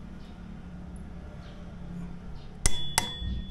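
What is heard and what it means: A torque wrench with a 39 mm socket on an extension tightens the torque drive nut of a CVT while the part is held in place. Against a low background hum, a sharp metallic click at 2.7 s is followed by a second, weaker click at 3.0 s. The wrench clicks at its setting, and the torque is confirmed okay.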